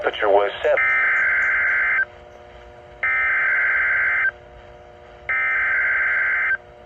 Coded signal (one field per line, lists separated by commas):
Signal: Emergency Alert System (SAME) tones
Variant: header bursts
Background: speech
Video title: (EAS #435) Severe Thunderstorm Watch #267